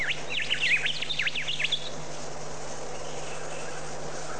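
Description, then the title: Bird song: a brief burst of quick, looping whistled notes in the first two seconds, then only low background noise. "Bird Sound Effects पक्षी लगता है"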